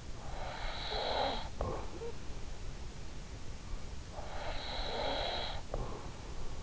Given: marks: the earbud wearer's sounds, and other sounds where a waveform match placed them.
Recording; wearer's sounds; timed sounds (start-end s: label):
sounds in sleep by an in-ear microphone; breath
0.34-2.57 s: breath
3.94-6.63 s: breath